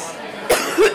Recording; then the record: coughing mixed with background sound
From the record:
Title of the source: 34 coughing up crap again